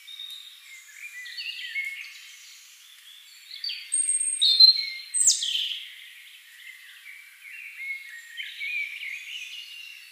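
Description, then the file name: European robin song: thin high warbled phrases with sliding whistles and trills, varied notes rising and falling between pauses. "Erithacus rubecula"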